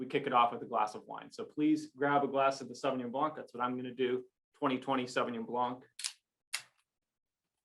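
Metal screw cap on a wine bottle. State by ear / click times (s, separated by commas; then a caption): released / 6.0 s. Someone talks, then twists open the metal screw cap on a freshly bottled 2020 Sauvignon Blanc wine bottle. The seal breaks with a sharp, satisfying click at 6.0 s, followed by a brief second tick near 6.5 s, and the cap is released.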